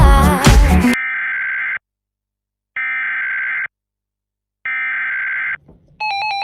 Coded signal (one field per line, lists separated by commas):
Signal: Emergency Alert System (SAME) tones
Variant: header bursts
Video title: EAS SCENARIO #3: Discord Suggestions (Requested)